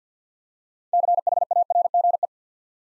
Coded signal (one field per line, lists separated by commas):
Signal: Morse code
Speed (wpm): 50 wpm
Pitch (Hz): 700 Hz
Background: none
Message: CHARGE